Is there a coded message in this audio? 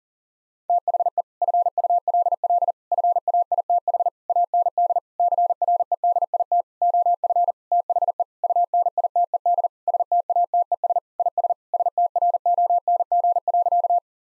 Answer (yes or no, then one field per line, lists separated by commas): yes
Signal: Morse code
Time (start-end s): 0.7-14.0 s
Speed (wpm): 40 wpm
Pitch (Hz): 700 Hz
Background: none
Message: THE FULL FAITH AND CREDIT OF THE UNITED STATES IS STRONG.